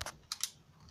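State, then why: Seated. A spring air rifle is cocked by hand until its mechanism latches and locks. Short sharp clicks come at about 0.0 and 0.3 seconds, and the loudest, final click at 0.4 seconds is the cocking mechanism catching. The rifle is confirmed cocked and locked.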